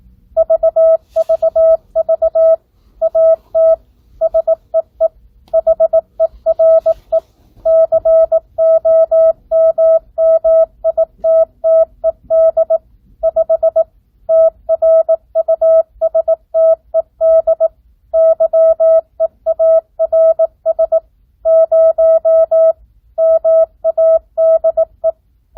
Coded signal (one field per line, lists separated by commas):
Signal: Morse code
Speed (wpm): 18 wpm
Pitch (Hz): 650 Hz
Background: none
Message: VVV AT SEE HERE COMMITTED 5 TRUSTED YEARS 0 MADE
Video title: Recieve Morse Code 9th Grade